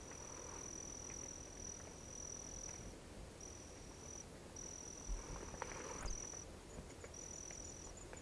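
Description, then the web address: Sword-tail cricket song: a thin, very high steady trill in long bursts separated by short gaps, over low background noise. "trigonidiinae"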